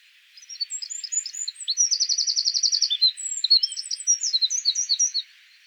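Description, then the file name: Eurasian wren giving one continuous high-pitched song: varied chips and twitters around a fast, rattling trill in the middle. "Troglodytes troglodytes"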